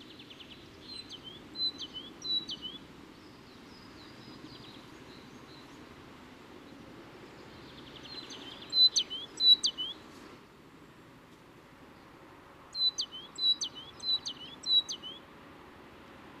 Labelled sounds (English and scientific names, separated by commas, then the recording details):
Great Tit (Parus major) song
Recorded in the wild
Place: Michelstadt, OT Vielbrunn, Hessen, DE
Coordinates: 49.7139, 9.09778
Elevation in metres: 432
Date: 1976-03-30
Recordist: Tretzel, Erwin